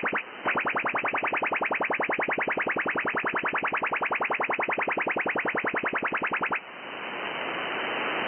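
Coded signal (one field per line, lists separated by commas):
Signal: radar signal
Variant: FMCW chirp sounder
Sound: rapid buzzy repeating upward sweeps about ten per second for six seconds, then hiss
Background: radio static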